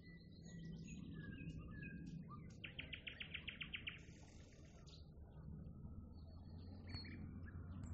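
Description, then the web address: Nightingale song: a run of about eight rapid pulsed notes, a harsh buzz, thin whistles and chirps, set against a low humming background. "naichinkeru"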